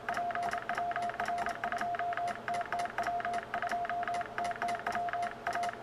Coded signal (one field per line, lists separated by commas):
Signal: Morse code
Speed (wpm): 27 wpm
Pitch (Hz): 690 Hz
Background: none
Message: PWR 2TT W 2TT W A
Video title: A Filosofia dos DX PY!AX